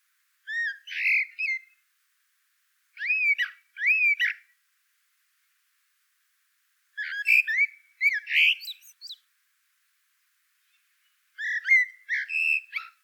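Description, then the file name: Common blackbird repeating short groups of twittering, bending whistled notes with pauses between, some groups ending in thin high squeaks. "Turdus merula"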